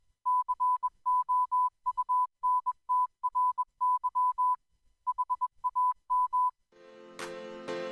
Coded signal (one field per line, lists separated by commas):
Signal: Morse code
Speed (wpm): 21 wpm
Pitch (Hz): 1000 Hz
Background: music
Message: COUNTRY HAM